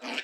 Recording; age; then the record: pig call; piglet (1 to 25 days)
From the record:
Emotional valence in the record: negative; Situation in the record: restrain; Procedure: in the arms of a person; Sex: female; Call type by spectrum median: low-frequency call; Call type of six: mixed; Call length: 0.23 s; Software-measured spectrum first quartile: 819 Hz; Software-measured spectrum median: 2007 Hz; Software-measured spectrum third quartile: 2910 Hz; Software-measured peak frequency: 259 Hz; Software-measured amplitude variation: 146 dB a second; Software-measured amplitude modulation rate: 14.9 a second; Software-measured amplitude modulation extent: 9.8 dB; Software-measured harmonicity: -0.5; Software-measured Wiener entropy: -0.93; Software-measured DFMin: 671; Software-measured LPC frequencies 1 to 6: 693, 1636, 2392, 2935, 4294, 5483 Hz